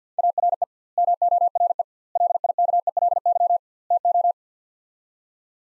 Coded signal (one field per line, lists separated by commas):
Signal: Morse code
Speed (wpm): 50 wpm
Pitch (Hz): 700 Hz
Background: none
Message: ARE MORE LIKELY TO